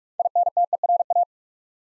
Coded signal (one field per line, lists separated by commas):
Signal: Morse code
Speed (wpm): 44 wpm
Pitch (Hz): 700 Hz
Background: none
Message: INTERA